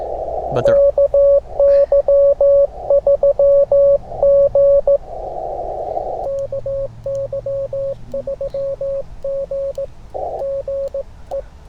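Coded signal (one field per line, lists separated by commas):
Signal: Morse code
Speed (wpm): 18 wpm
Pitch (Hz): 550 Hz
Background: radio noise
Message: KY3G KY3G GE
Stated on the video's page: CW Parks on the Air activation, multi-operator.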